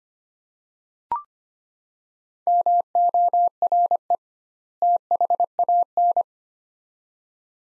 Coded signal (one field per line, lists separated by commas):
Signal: Morse code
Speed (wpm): 25 wpm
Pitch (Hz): 700 Hz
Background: none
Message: MORE THAN